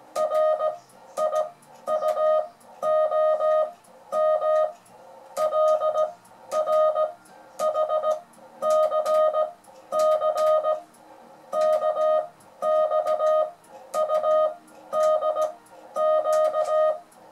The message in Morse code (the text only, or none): RIUOM LRHCC KXUDQ